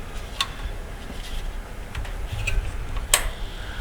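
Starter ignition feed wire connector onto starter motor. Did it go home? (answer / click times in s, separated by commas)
yes / 3.1 s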